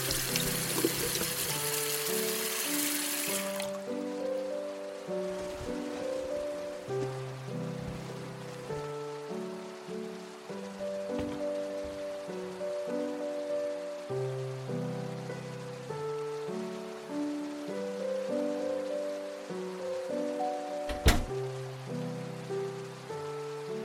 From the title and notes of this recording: Cozy house in the forest asmr ambience | relaxing music | nature sounds.